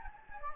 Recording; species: mosquito wingbeat signal from an infrared sensor; Anopheles gambiae